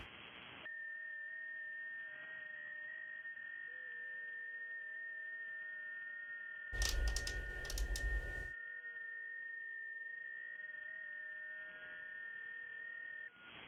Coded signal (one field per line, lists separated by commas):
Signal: FT8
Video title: Ham Radio K1GMM Live Stream Testing the New 160 Meter Inverted L (Zombie)